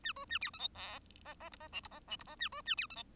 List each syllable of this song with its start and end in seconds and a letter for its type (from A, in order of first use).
0.03-0.12 A, 0.15-0.25 B, 0.29-0.39 A, 0.41-0.50 C, 0.53-0.58 D, 0.58-0.68 E, 0.74-0.99 F, 1.24-1.34 G, 1.40-1.49 G, 1.51-1.56 H, 1.60-1.68 G, 1.72-1.81 I, 1.83-1.88 H, 1.91-2.00 G, 2.07-2.16 I, 2.19-2.24 H, 2.27-2.36 G, 2.39-2.49 A, 2.52-2.62 B, 2.65-2.75 A, 2.77-2.87 C, 2.90-2.95 D, 2.96-3.03 E